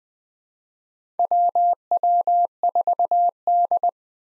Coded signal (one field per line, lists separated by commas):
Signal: Morse code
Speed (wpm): 20 wpm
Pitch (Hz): 700 Hz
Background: none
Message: WW4D